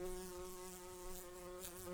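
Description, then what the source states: Brown-banded carder bee buzzing steadily, a low droning hum with stacked harmonics holding an even pitch throughout. Worker bees of the species Bombus humilis.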